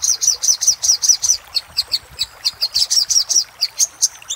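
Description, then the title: Little spiderhunter song: a long series of sharp high chips, bright and repetitive. Master recording made for training caged songbirds. "Masteran Burung Sogok Ontong Labaik"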